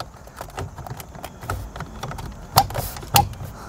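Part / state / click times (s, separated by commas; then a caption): driver airbag module into steering wheel / seated / 2.6 s, 3.2 s. The driver airbag module is pushed back into the steering wheel of a BMW M2, M3 or M4 (F80, F82, F87) after installing M1 and M2 buttons. Soft handling noises are followed by two loud, sharp snaps at 2.6 s and 3.2 s as the retaining clips seat. The module clicks home and is seated.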